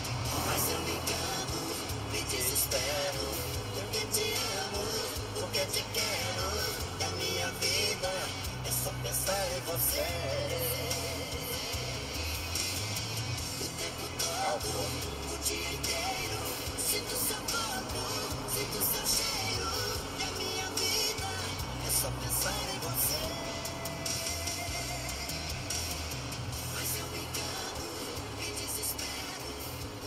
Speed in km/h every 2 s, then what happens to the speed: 90, 89, 90, 87, 86, 86, 84, 84, 83, 83, 83, 83, 82, 83, 82.
0-30 slows to 82.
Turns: none.